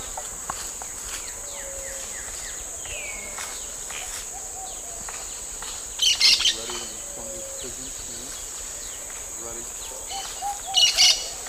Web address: Natures Songs S America Eastern Lowlands Brotogeris sanctithomae, calls